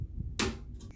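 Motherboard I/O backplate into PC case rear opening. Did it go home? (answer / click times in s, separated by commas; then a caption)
yes / 0.4 s. A metal motherboard I/O backplate (shield) is pushed into the rear opening of a PC case lying on its side. After some faint low rustling, a sharp snap at 0.4 s marks it seating in place, and a softer tick follows at 0.8 s.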